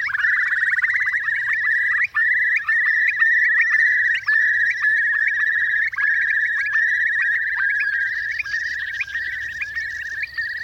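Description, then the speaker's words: Eurasian Curlew song: a continuous bubbling trill held near one pitch, with short, quick rising notes dotted over it. "we're going to play you out with a little bit of Curlew song just to get you in the mood."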